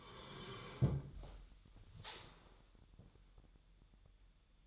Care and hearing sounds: daily activity, microphone in the room; sit down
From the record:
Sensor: 3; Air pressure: 1001.8 hPa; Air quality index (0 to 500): 246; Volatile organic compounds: 122 ppm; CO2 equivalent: 3884 ppm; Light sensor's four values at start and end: 9/20/9/9 and 8/19/8/8

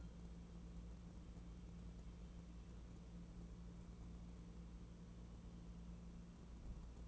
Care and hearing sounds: daily activity, microphone in the room; wipe stove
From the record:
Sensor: 1

